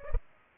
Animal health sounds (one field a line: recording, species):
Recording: mosquito wingbeat signal from an infrared sensor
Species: Culex pipiens